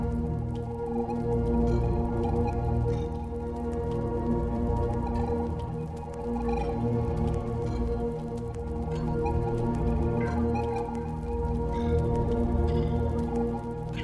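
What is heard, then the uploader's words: An ambient spaceship soundscape: a dense, steady low drone with layered sustained tones that hold throughout without building or fading. Faint clicks and short crackles scatter across the upper range, with a few brighter ticks near the middle and end. The Ambient Spaceship Soundscape.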